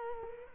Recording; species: mosquito wingbeat signal from an infrared sensor; Culex quinquefasciatus